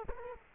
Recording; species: mosquito wingbeat signal from an infrared sensor; Culex quinquefasciatus